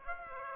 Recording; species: mosquito wingbeat signal from an infrared sensor; Aedes aegypti